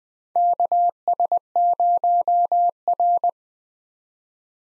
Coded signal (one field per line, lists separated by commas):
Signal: Morse code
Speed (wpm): 21 wpm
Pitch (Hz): 700 Hz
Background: none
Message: KS0R